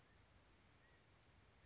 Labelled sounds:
California Quail (Callipepla californica)
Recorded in Sonoma County, California

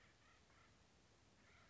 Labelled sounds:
Acorn Woodpecker (Melanerpes formicivorus)
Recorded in Sonoma County, California

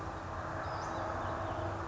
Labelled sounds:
Western Flycatcher (Empidonax difficilis)
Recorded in Sonoma County, California

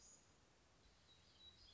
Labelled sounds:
Black-throated Gray Warbler (Setophaga nigrescens)
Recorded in Sonoma County, California

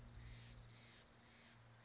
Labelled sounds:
Steller's Jay (Cyanocitta stelleri)
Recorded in Sonoma County, California

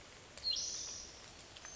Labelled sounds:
Spotted Towhee (Pipilo maculatus)
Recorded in Sonoma County, California

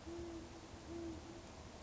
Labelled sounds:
Band-tailed Pigeon (Patagioenas fasciata)
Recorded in Sonoma County, California

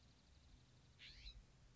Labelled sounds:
California Scrub-Jay (Aphelocoma californica)
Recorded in Sonoma County, California

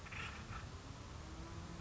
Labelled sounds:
Acorn Woodpecker (Melanerpes formicivorus)
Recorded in Sonoma County, California

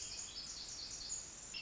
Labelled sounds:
Pacific Wren (Troglodytes pacificus)
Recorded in Sonoma County, California

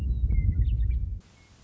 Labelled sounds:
Western Meadowlark (Sturnella neglecta)
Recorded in Sonoma County, California

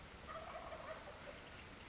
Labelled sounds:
Wild Turkey (Meleagris gallopavo)
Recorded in Sonoma County, California

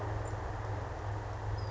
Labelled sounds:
Western Flycatcher (Empidonax difficilis)
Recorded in Sonoma County, California

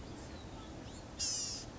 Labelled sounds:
Blue-gray Gnatcatcher (Polioptila caerulea)
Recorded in Sonoma County, California

